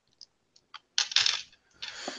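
A few light clicks, then a rattling clatter of dice tumbling across a hard table during a tabletop role-playing game, a brief pause, and another scattered roll that settles quickly. No voices.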